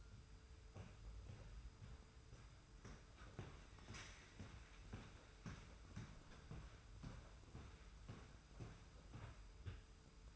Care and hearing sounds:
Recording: daily activity, microphone in the room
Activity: walk to room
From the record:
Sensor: 2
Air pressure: 991.0 hPa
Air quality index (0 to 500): 111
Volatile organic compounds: 52 ppm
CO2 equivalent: 3319 ppm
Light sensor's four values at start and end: 34/102/40/38 and 34/100/39/37

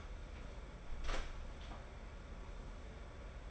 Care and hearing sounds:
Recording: daily activity, microphone in the room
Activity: close door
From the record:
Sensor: 5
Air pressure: 1015.3 hPa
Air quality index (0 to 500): 214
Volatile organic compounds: 12 ppm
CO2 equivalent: 2327 ppm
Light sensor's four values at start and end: 35/80/32/31 and 35/80/32/31

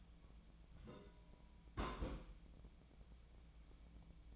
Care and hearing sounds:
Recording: daily activity, microphone in the room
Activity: place on stove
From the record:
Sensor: 1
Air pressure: 1010.0 hPa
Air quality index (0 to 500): 188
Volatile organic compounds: 17 ppm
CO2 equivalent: 2578 ppm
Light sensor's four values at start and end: 38/96/40/49 and 38/96/40/49

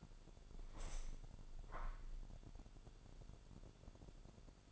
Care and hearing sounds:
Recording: daily activity, microphone in the room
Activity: open window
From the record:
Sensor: 5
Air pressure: 1006.7 hPa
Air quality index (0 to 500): 196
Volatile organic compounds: 6 ppm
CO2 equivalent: 1866 ppm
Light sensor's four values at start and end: 57/161/63/63 and 57/161/62/63

